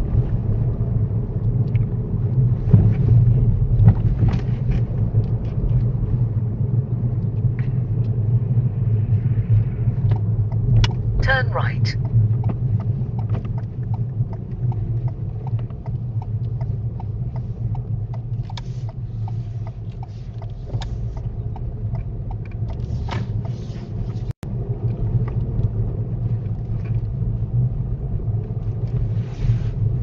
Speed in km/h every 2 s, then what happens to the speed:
29, 24, 23, 23, 21, 19, 15, 11, 10, 8, 11, 16, 18, 18, 18.
0-17 slows to 8. 17-23 speeds up to 18. 23-30 steady at about 18.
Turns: none.